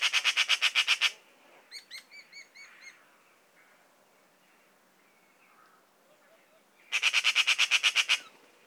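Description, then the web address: Eurasian magpie chattering twice, a rapid harsh rattle at the start and another near the end, with a few thin, faint chirps in between. "szarka hangja. szarka madar"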